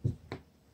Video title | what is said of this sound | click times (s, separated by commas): PiMPxshift Powertrain Management 4 - EEC Connector Pin Removal & Installation | simply push it in you should hear it click we may not hear click on video and | 0.3 s